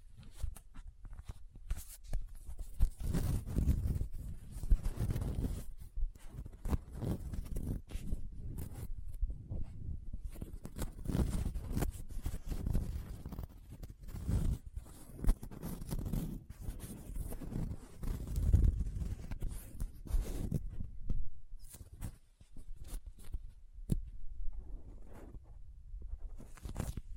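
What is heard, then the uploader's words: Soft squishy, sticky handling sounds with crinkles and scraping, made up of dense, irregular bursts that run almost without pause. The bursts are mostly low and muffled with brighter crackly edges, and they thin out briefly around 22 seconds before resuming more sparsely. Soft Squishy Sticky, Crinkle, Cutting Sounds.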